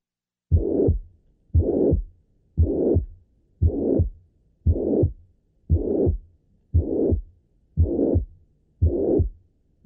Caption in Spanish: Necesita llegar hasta el segundo ruido para constituir un soplo de insuficiencia mitral. El soplo puede ser creciente, es decir, iniciarse en forma débil y aumentar de intensidad hasta el segundo ruido.